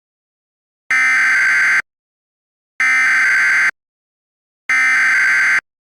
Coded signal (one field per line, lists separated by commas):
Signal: Emergency Alert System (SAME) tones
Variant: header bursts